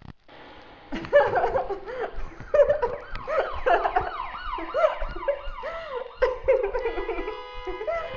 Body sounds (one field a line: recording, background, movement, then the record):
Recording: laughter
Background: traffic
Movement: sitting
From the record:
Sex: female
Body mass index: 18.8 kg/m2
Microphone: on the chest, facing outward